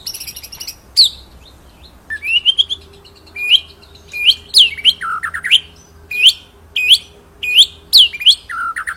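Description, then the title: White-rumped shama song: a varied run of loud whistled upslurs and sharp downswept notes, with rapid rolling phrases and buzzy high bursts between short pauses. Masteran training song for songbirds; full rolling song. "Masteran Murai Batu Full Ngerol Nembak"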